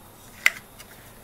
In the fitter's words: and simply clicks into place